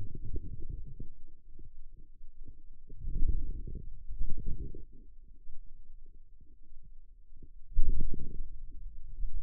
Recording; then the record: forearm muscle sounds (acoustic myography)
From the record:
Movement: wrist flexion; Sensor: system 2, bracelet of six BSWA MPA416 microphones around the upper forearm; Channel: 6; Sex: male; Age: 22 years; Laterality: right